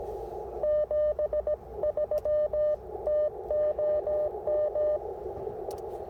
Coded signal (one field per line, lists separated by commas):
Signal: Morse code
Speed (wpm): 16 wpm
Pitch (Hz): 600 Hz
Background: radio noise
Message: 73 TOM